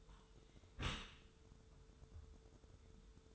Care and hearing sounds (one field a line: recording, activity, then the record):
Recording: daily activity, microphone in the room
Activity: close dishwasher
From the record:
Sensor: 3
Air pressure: 1015.0 hPa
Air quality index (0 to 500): 32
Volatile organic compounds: 1 ppm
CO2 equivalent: 546 ppm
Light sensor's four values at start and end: 11/26/11/11 and 11/26/11/11